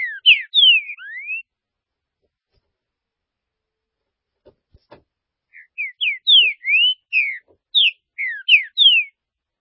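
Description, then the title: Green-winged saltator song: a burst of slurred whistles ending in a rising note, silence with faint taps, then a longer string of loud whistled notes. "Trinca Ferro"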